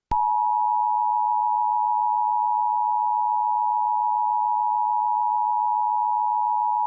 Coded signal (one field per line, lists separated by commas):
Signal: Emergency Alert System (SAME) tones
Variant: 853 and 960 Hz attention tone